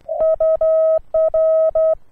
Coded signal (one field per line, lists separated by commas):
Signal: Morse code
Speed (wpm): 11 wpm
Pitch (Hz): 640 Hz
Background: none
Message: UR